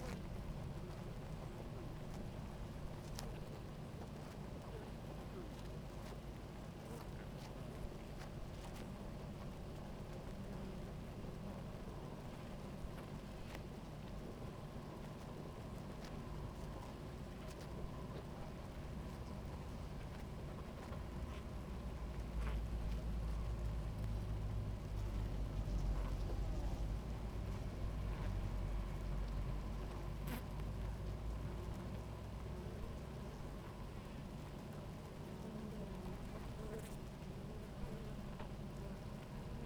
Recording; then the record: honeybee colony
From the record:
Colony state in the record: active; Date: 28 July 2017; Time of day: 17:24